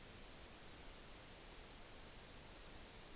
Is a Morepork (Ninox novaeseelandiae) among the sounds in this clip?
no